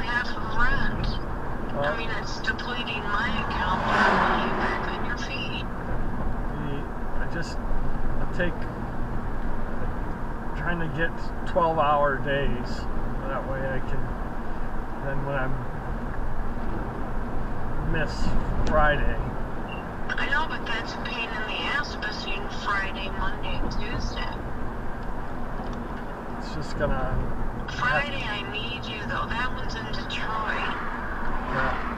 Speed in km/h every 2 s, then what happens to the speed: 55, 52, 52, 50, 50, 52, 50, 50, 48, 50, 48, 48, 48, 48, 48, 48.
0-32 steady at about 50.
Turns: none.